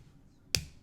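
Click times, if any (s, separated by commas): 0.5 s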